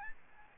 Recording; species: mosquito wingbeat signal from an infrared sensor; Aedes albopictus